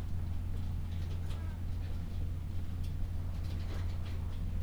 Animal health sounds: poultry house recording; sick chickens (respiratory disease)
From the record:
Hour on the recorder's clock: 12

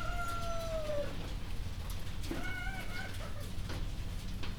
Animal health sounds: poultry house recording; healthy chickens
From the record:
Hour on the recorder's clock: 2

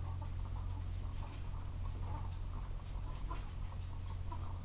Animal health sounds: poultry house recording; sick chickens (respiratory disease)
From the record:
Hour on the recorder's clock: 14

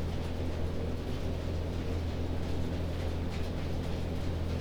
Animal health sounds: poultry house recording; no chicken sound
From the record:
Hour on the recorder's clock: 21

